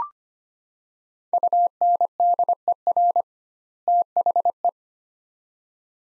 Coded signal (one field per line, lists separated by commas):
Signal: Morse code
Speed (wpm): 25 wpm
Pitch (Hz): 700 Hz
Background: none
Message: UNDER THE